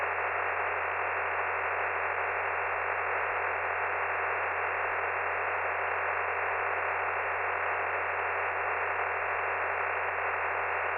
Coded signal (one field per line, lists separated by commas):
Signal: digital SSTV (DRM)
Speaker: just put it on tx if you want to send it